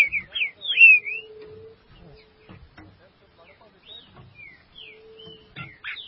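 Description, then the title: Green-winged saltator song: a short run of loud, clear whistled notes sweeping up and down, followed by quieter scattered whistles, soft clicks and an intermittent low hum. "Trinca Ferro"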